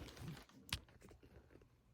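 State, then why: Seated. A LePera pillion passenger pad, set up with a spool washer, has its mount pushed into the receiver on the motorcycle seat. Soft handling and rubbing noises come first, then a single sharp, short click at 0.7 s, followed by quieter handling. The pad clicks in and is seated.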